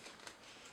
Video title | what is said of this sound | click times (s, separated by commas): Barrington Watch Winder Reviews - aBlogtoWatch | You just take it and wait till it clicks. That's in there now. It's secured. | 0.3 s